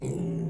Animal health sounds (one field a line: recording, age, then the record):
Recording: pig call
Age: weaner (32 to 43 days)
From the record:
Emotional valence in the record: negative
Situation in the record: short isolation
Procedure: open field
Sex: female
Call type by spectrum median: low-frequency call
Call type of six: low-frequency stable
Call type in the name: low-frequency stable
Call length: 0.50 s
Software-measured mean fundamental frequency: 62 Hz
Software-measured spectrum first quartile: 160 Hz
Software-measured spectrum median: 240 Hz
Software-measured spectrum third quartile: 487 Hz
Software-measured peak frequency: 161 Hz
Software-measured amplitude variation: 113 dB a second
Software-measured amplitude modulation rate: 27.1 a second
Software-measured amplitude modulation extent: 4.2 dB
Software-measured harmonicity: 6.8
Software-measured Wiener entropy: -0.48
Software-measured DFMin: 1066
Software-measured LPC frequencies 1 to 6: 290, 2267, 3976, 4874, 6421, 7694 Hz